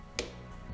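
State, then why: Seated. An applicator head connector is pushed fully into the socket of a Manthus Start treatment equipment, and its locking lever is lowered until it clicks shut. A single sharp, short click at 0.2 s stands out over a steady low background tone. The connector is seated and locked.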